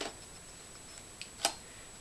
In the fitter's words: got a nice click in there and it feels nice and solid there's absolutely no wobble or shake to that